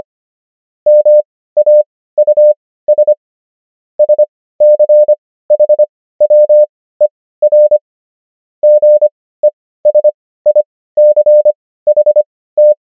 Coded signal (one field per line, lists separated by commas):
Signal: Morse code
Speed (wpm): 25 wpm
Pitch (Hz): 600 Hz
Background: none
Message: MAUS SCHWER GESICHT